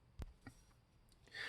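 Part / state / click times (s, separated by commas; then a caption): metal brake pad shim onto brake caliper bracket / seated / 0.2 s. New metal brake pad shims (abutment clips) are pressed onto the front brake caliper bracket of a 2013 Mazda CX-5, the metal piece going over a little dimple. A sharp, quiet metallic snap at 0.2 s marks a shim seating in place, followed by softer taps and a brief hiss at the end.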